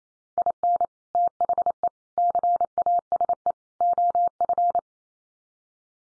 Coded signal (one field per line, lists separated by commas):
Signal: Morse code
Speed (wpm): 28 wpm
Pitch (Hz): 700 Hz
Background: none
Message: IN THE CASE OF